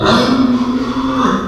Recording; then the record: squeal of a Yucatan mini pig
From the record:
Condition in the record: after surgery on the right vocal fold (resection and tissue-engineered implant); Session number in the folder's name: 16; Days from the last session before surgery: 183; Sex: female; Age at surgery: 19 weeks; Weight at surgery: 25 kg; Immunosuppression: prednisolone